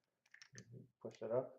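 Someone flips up a part with a small release catch on a First Strike T15 carbine and tries to lock it into place, making light clicks around 0.3–0.6 s. Someone talks. The part has not locked or clicked into place, and it appears to be missing a part.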